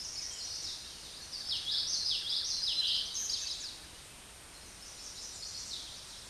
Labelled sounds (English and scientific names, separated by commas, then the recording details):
Common Yellowthroat (Geothlypis trichas) song
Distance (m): 20 m
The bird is about 10 m above the microphone
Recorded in a Pennsylvania forest on 16 May 2024 at 09:08
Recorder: AudioMoth, point MSD-2320
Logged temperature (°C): 12.8 °C
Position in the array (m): 227 m, 187 m